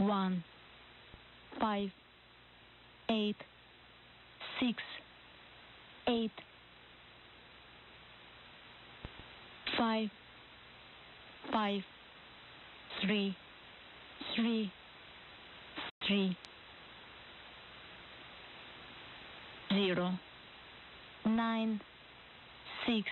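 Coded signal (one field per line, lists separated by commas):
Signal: numbers station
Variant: English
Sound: a voice reading single digits one at a time, evenly spaced, over radio hiss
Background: radio static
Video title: Numbers Station 17790 kHz via WRMI is Call of Duty Game easter egg special transmission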